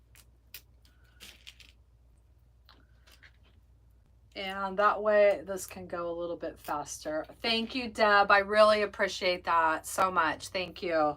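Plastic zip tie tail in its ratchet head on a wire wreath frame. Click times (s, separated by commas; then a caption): 1.5 s, 1.6 s, 1.7 s. A plastic zip tie tail is pulled through its ratchet head on a wire wreath frame for only a couple of clicks, at about 1.5, 1.6 and 1.7 s, preloading it and leaving it loose to tighten later. A few faint taps come before and after, then from about 4.3 s someone talks over the rest of the clip.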